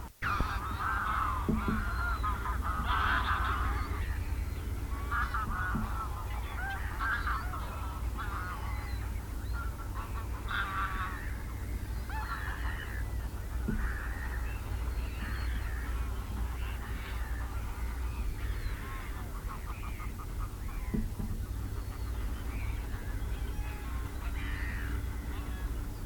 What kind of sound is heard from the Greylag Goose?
call